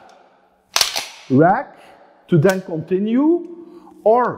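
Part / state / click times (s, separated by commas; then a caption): pistol magazine into pistol magazine well / seated / 0.8 s. During a dry-fire demonstration of a failure to fire, a palm taps the base of a pistol magazine to seat it in the magazine well in the pistol's grip before racking. A sharp impact is heard at 0.8 seconds, followed by someone talking. The magazine is seated.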